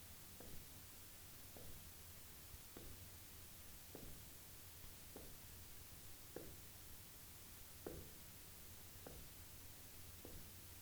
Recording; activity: daily activity, guitar pickup as the sensor; jump